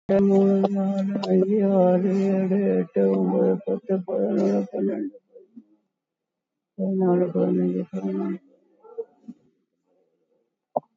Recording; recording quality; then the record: counting at a normal pace; excellent, no background noise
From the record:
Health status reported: COVID-19 positive, moderate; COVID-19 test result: positive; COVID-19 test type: RT-PCR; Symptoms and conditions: cough, cold, sore throat, fatigue, loss of smell and taste, diabetes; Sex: female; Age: 58 years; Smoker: no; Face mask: worn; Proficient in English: yes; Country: India